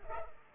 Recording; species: mosquito wingbeat signal from an infrared sensor; Culex pipiens